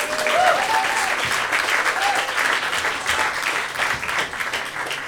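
Sustained audience applause, a dense steady patter of many hands clapping at fairly even loudness for about five seconds, with a few faint voices mixed in.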